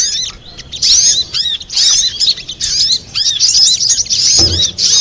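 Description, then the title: Little spiderhunter singing a fast stream of high, squeaky, looping notes in repeated bursts about a second long, with one low thud near the end. Used to train cage birds; Indonesian name sogok ontong, labelled labaik. "Masteran Burung Sogok Ontong Labaik"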